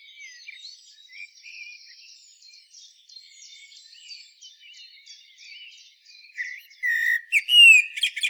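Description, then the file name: Common blackbird singing: a long stretch of quiet, thin twittering, then a strong, mellow, whistled phrase that breaks into shrill, high squeaks near the end. "Turdus merula"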